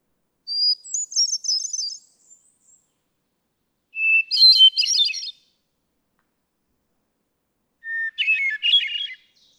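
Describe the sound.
Hermit thrush song: a high phrase, then lower ones, each a single clear whistle leading into a shimmering tumble of fluted notes, separated by quiet pauses.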